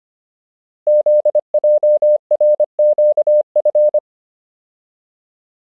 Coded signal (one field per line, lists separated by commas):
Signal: Morse code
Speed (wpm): 25 wpm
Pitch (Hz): 600 Hz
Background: none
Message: ZJRQF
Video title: Morse Code Alphabet Practice — 25 WPM